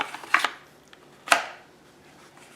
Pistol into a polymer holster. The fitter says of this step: Snaps right in.